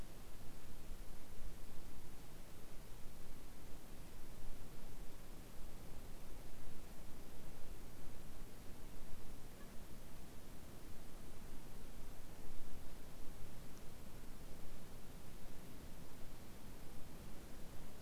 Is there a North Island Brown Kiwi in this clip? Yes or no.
no